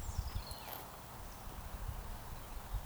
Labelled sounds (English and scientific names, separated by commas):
Eurasian Woodcock (Scolopax rusticola) whistle